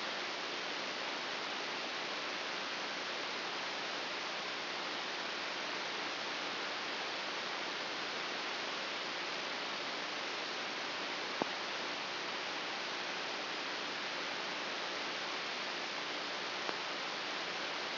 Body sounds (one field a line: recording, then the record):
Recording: brain microelectrode recording played as sound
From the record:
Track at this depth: inside the subthalamic nucleus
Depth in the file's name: 3.502 mm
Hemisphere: left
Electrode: 2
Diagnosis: Parkinson's disease